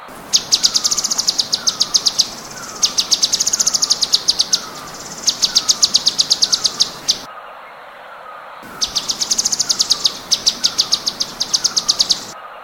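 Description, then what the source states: Cucak cungkok delivering rapid, machine-gun-like strings of high clicks in repeated bursts, with a short silent break midway and soft background hiss. Rapid-fire 'tembakan' song style, presented as a master recording for training songbirds.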